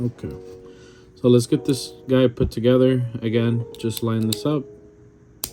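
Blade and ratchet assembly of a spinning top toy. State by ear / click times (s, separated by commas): seated / 5.4 s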